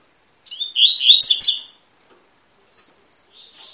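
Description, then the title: Double-collared seedeater song: a single hurried phrase of bright, twisting whistles, followed by quiet and a faint thin note at the end. Tui-tui song type, fibra (spirited) bird; teacher song used to train young birds. "COLEIRO TUI TUI FIBRA CANTO PROFESSOR"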